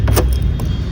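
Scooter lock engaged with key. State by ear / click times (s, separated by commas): not seated / none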